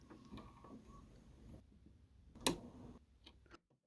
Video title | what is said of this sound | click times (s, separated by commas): How To Wind A Bobbin For Home Sewing | and then you pull it through the metal mechanism and you can hear that snap that let you know the thread is where it needs to be let's see it again | 2.5 s